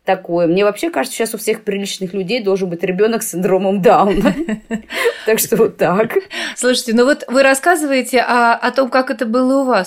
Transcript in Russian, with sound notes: Мне вообще кажется, сейчас у всех приличных людей должен быть ребенок с синдромом Дауна. (Смеется.) Так что вот так.
— Слушайте, ну вот вы рассказываете о том, как это было у вас.